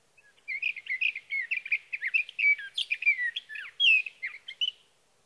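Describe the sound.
Sage thrasher song, an unbroken jumble of quick warbled and slurred notes running for over four seconds, rich and high.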